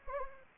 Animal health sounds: mosquito wingbeat signal from an infrared sensor; Anopheles gambiae

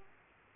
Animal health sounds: mosquito wingbeat signal from an infrared sensor; Aedes aegypti

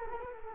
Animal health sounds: mosquito wingbeat signal from an infrared sensor; Culex quinquefasciatus

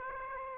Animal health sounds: mosquito wingbeat signal from an infrared sensor; Aedes aegypti

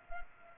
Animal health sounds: mosquito wingbeat signal from an infrared sensor; Culex pipiens

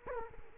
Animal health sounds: mosquito wingbeat signal from an infrared sensor; Culex quinquefasciatus

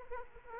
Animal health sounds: mosquito wingbeat signal from an infrared sensor; Aedes aegypti

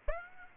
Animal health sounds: mosquito wingbeat signal from an infrared sensor; Aedes aegypti

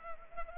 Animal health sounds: mosquito wingbeat signal from an infrared sensor; Anopheles arabiensis

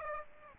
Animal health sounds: mosquito wingbeat signal from an infrared sensor; Aedes aegypti

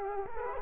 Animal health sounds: mosquito wingbeat signal from an infrared sensor; Culex quinquefasciatus

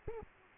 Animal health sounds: mosquito wingbeat signal from an infrared sensor; Aedes aegypti

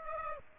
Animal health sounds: mosquito wingbeat signal from an infrared sensor; Aedes aegypti

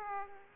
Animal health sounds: mosquito wingbeat signal from an infrared sensor; Aedes aegypti

